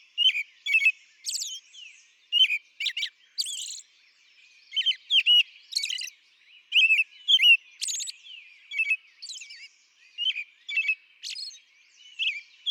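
American robin song: many varied whistled phrases mixed with high thin squeaky notes, given in irregular bursts.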